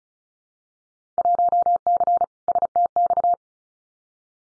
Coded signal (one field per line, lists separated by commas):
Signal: Morse code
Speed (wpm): 34 wpm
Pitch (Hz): 700 Hz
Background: none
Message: 1C STX